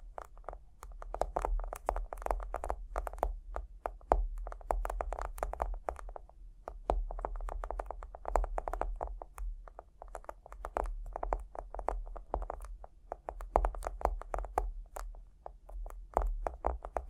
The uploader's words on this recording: Tapping and Scratching (No Talking).